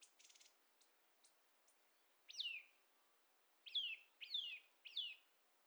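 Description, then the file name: Eurasian nuthatch giving four falling call notes after a burst of very high buzzy ticking and a few faint clicks at the start. "Sitta europaea"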